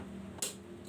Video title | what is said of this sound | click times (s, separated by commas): AOPEN monitor unboxing test for dual monitor computer | na siya. Nag-lock na. | 0.4 s